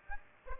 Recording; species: mosquito wingbeat signal from an infrared sensor; Aedes aegypti